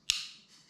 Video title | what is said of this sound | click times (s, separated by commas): Vintage Firearms Series ep. 62 ( 1908 Smith & Wesson Revolver ) | it locks the uh the revolver in place | 0.1 s